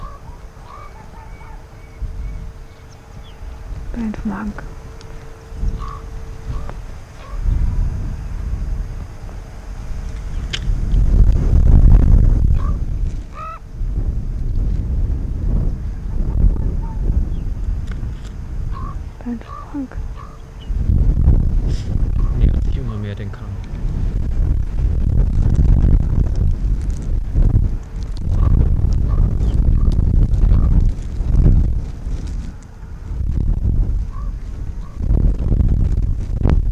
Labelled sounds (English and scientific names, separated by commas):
Arctic Fox (Vulpes lagopus)